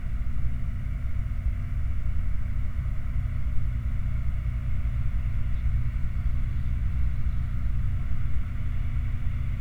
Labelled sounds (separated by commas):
machinery, flare stack